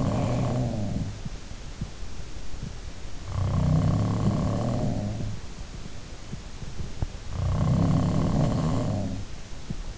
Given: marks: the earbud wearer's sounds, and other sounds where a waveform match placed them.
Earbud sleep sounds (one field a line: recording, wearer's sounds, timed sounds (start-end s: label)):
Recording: sounds in sleep by an in-ear microphone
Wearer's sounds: breath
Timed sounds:
0.00-0.74 s: breath
3.17-5.89 s: sound from someone else or the room
7.24-9.57 s: sound from someone else or the room